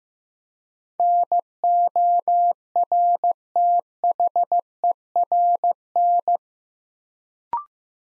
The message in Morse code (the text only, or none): NORTHERN